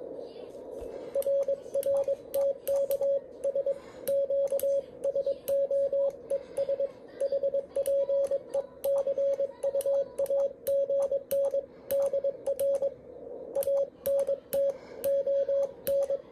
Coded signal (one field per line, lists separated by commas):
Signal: Morse code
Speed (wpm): 22 wpm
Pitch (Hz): 560 Hz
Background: radio noise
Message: RR TKS QSO ES HPE CUAGN DR ANT ON